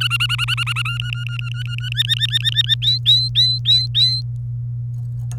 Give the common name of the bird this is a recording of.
Domestic Canary